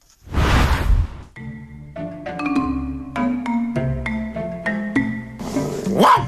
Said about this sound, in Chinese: 汪汪